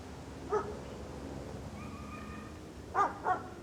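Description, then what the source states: Dog barking: one short bark, then a pause with a faint tonal hum, then two quick barks close together near the end, over a low outdoor rumble. Outdoor ambience.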